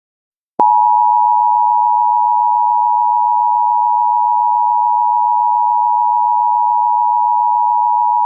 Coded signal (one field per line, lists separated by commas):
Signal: Emergency Alert System (SAME) tones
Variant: 853 and 960 Hz attention tone